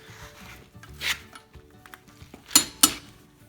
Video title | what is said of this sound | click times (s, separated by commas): 2006 Chevrolet HHR front brakes replacement (COMPLETELY STUCK ROTORS) | torque them up, and whenever you hear it click, you got 80 foot-pounds. | 2.6 s, 2.8 s